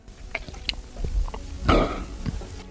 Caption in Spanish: El sonido de tragar saliva de este hombre.